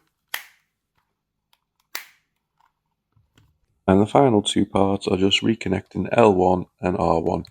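The plastic corner clips of a PS5 controller's shell, being reassembled to fix sticky buttons, are pressed into the opposite shell half and seat with two sharp snaps at 0.3 s and 2.0 s. A few faint ticks follow, then someone talks from about 3.9 s to the end.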